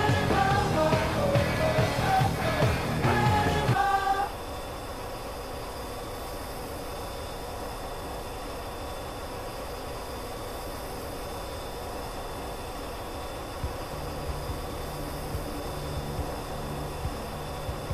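Inside an F-14 Tomcat cockpit, a loud, dense roar with wavering whining tones fills the first four seconds, then cuts down to a steadier, quieter hiss with thin high whines running through it. Near the fourteenth second a low hum joins and holds to the end.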